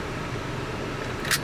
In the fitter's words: and it clicks into place.